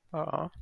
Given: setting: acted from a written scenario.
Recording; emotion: vocal sound without words; adoration